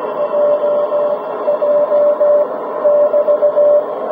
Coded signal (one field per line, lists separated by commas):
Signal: Morse code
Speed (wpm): 17 wpm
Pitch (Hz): 590 Hz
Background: none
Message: JJ <BT>